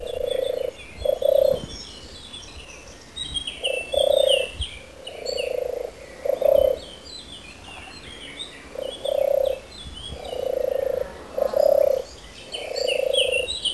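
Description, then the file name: European turtle dove giving soft, vibrating purrs in short series with pauses, while other birds chirp at higher pitch. "Tortora Selvatica"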